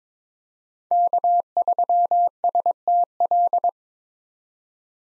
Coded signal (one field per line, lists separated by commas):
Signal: Morse code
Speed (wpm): 22 wpm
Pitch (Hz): 700 Hz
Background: none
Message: K3STL